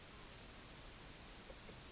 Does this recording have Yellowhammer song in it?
no